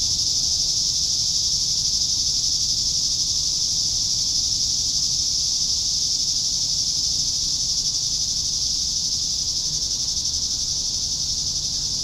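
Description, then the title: Cicadas sustain an even, piercing buzz for the whole stretch, never breaking or changing pitch, above a quiet low hum. "neoscenes: cicadas"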